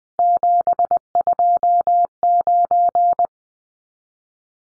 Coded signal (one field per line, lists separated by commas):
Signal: Morse code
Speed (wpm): 20 wpm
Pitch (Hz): 700 Hz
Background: none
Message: 729